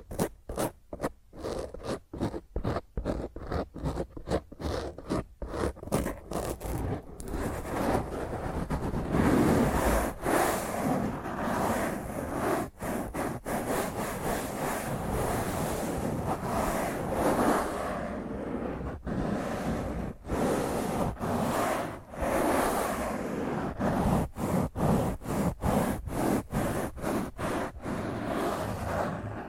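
Rough fingernail scratching on a microphone, starting as quick separate strokes and turning into a dense, harsh, nearly continuous rasp with brief breaks.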